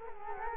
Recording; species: mosquito wingbeat signal from an infrared sensor; Culex quinquefasciatus